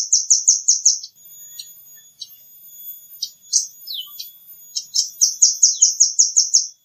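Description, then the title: Nuthatch calls: a fast run of shrill repeated notes, then a few scattered chips and a falling note, ending in another quick series of high notes. "Suara burung rambatan"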